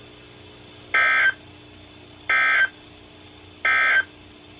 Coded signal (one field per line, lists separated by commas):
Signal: Emergency Alert System (SAME) tones